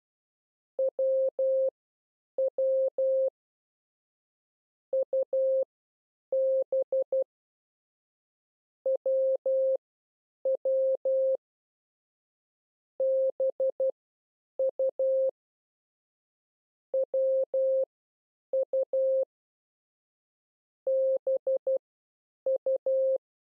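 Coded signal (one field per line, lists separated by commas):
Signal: Morse code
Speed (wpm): 12 wpm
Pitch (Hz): 530 Hz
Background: none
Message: WW UB WW BU WU BU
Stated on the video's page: Morse code lesson teaching letters U, W and B.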